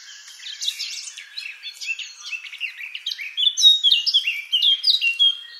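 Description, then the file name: Eurasian blackcap song: a quiet scratchy warble building into louder, clear fluty whistled phrases, continuing to the end. "Sylvia atricapilla"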